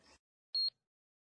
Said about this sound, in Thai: เสียงเครื่องบันทึกเงินสดอ่านบาร์โค้ดนะคะ ใช่ครับคำที่ใช้อธิบายเสียงนี้คือ ปิ๊บ เมื่อเสียงนี้ดังซ้ำอีกพูดว่าปิ๊บปิ๊บใช่หรือเปล่าคะ